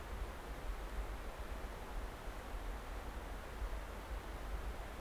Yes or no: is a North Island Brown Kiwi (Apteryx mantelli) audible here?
no